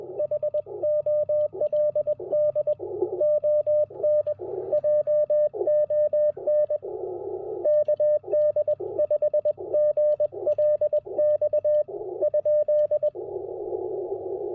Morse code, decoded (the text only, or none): HOLD ON JON KD5GLX ?